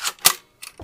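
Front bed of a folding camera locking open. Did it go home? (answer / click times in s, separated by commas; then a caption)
yes / 0.3 s. After pressing the release button, the front bed of a Polaroid Model 800 Land Camera, a folding instant camera, is pulled open and snaps into its open position. A sharp, bright snap at 0.3 s marks the bed locking into place, followed by softer clicks and rattles of the mechanism.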